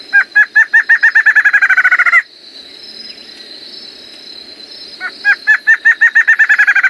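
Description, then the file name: Streak-backed antshrike giving an accelerating run of hollow notes, a pause of about three seconds, then the song starting again; a continuous high insect tone throughout. Recorded in Roraima. "Canto do choca de roraima"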